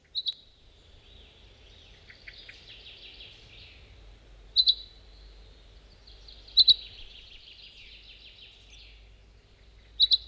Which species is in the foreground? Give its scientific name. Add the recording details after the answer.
Fringilla coelebs. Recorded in the wild. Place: Wermelskirchen, Nordrhein-Westfalen, DE. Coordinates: 51.13, 7.25. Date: 1995-04-15. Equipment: Sony WM-D6C. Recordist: Skiba, Reinald. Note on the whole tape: Zwischen Wermelskirchen und Dhünn (am Eiffgenbach): "pink"